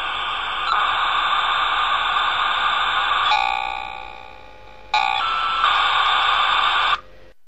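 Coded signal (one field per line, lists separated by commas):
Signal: dial-up modem handshake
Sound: loud harsh modem hiss in two long bursts, brief warbling tones between them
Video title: Dial Up modem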